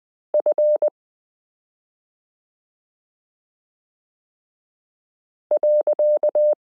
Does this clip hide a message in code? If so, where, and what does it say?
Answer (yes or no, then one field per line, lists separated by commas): yes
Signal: Morse code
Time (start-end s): 0.3-6.5 s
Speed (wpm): 20 wpm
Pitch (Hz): 600 Hz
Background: none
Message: F .